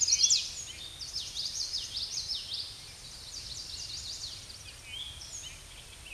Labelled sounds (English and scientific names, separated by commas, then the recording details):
Common Yellowthroat (Geothlypis trichas) song
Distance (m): 30 m
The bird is about 10 m above the microphone
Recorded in a Pennsylvania forest on 16 May 2024 at 07:14
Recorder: AudioMoth, point MSD-2304
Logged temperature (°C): 16.0 °C
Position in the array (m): 233 m, 174 m